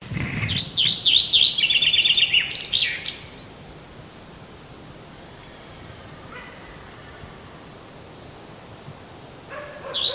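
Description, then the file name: Common chaffinch song: a bright, rapid run of repeated chirpy notes for about three seconds, ending in a brief flourish, then quiet with a faint start of another phrase. "Fringilla coelebs"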